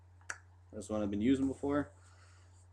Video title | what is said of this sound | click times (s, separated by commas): Ego-T review and tips NorthernVapor.ca | it into your atomizer first time you uh put it on you're gonna hear a click | 0.3 s